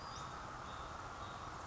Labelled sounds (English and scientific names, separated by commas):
Western Flycatcher (Empidonax difficilis)